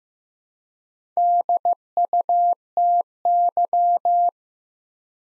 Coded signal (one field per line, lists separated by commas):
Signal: Morse code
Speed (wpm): 15 wpm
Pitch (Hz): 700 Hz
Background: none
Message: DUTY